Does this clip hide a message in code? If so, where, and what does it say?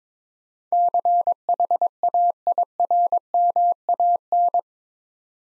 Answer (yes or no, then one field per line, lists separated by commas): yes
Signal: Morse code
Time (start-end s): 0.7-4.6 s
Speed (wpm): 22 wpm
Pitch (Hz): 700 Hz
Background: none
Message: CHAIRMAN